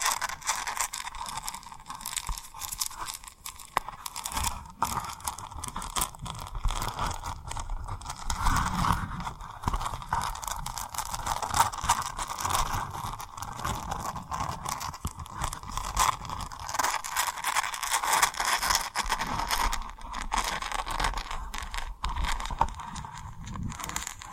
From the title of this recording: Tapping & Rubbing Rhinestone Lip Triggers